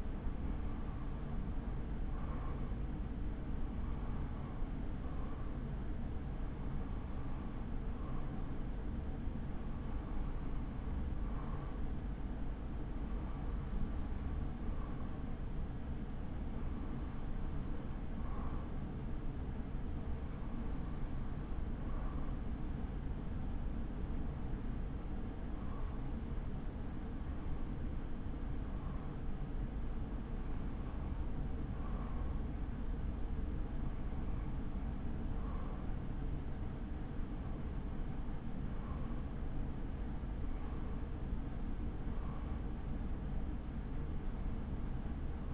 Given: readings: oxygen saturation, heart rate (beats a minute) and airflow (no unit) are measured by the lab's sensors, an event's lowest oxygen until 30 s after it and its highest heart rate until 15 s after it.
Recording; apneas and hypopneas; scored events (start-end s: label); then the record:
breathing in sleep by a smartphone at the bedside; none
none scored
From the record:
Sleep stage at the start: REM sleep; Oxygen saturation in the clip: 95%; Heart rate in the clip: 51 to 61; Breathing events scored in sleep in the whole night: 83 in 6.1 hours asleep